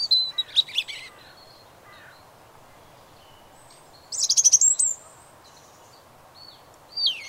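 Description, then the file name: European robin song: high trilled notes and thin whistles, a long pause, a rapid fluttering trill, then after another pause a sliding high whistle. "Erithacus rubecula"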